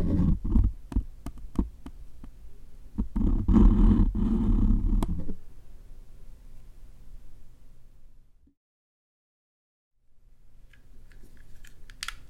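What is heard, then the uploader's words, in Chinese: A new candle is unboxed with muffled handling: rustling, bumps and sharp taps crowd the first five seconds over a low rumble. The noise then thins to a soft low murmur, drops to near silence for about two seconds, and returns with faint clicks. 開箱新蠟燭。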